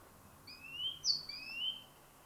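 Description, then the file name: Great tit song, a quiet phrase of high sliding whistles alternating between a sharp upper note and a lower rising note, with faint background hiss. "Parus major"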